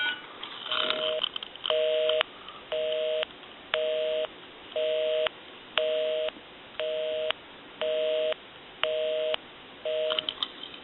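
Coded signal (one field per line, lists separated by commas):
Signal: telephone call progress tone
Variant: North America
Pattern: busy tone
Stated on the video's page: Tone heard on a Touch Tone Brass Majesty telephone during its initial checkout and repair.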